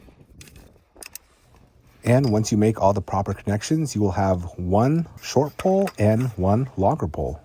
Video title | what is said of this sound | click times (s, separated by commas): Takibi Tarp Hexa Set M by Snow Peak | To connect the poles, you just push down on the aluminum button and line it up with the hole, and it will snap in place. | 1.0 s, 1.2 s